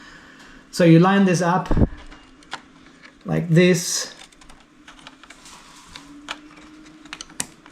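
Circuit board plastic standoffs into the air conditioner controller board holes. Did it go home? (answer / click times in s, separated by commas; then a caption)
yes / 6.0 s, 6.3 s, 7.4 s. Someone talks while lining up the three plastic standoffs of a Wi-Fi adapter circuit board with the three holes in the main controller board of a Daikin Cora air conditioner. The standoffs are then pushed in, with sharp clicks at about 6.0, 6.3 and 7.4 seconds as they seat in the controller board.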